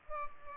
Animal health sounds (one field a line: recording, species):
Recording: mosquito wingbeat signal from an infrared sensor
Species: Culex pipiens